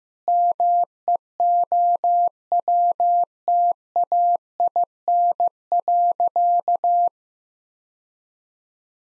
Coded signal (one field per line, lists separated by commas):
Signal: Morse code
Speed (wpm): 15 wpm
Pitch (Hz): 700 Hz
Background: none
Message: MEOWTAIN.